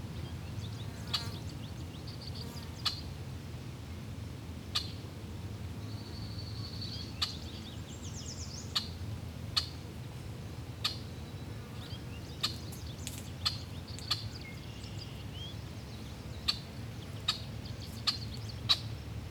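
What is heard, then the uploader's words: Birds chirp in short, sharp calls scattered through the clip, roughly every second or two, with a few thin high whistles around four to six seconds. Beneath them a steady low rumble of wind runs the whole time, with a faint buzzing mixed in. Buzzing, Wind and Chirping Birds.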